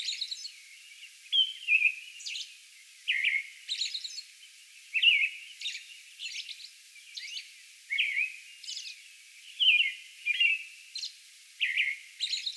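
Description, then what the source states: American robin singing slurred caroling phrases with occasional higher thin notes, phrases coming in irregular groups with short gaps. Song bout, recorded on May 11.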